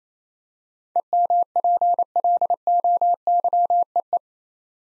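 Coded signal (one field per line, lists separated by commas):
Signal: Morse code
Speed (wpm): 27 wpm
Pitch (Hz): 700 Hz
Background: none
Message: EMPLOYEE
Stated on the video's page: Morse practice drill of 8-letter words at 28 WPM, each word sent twice.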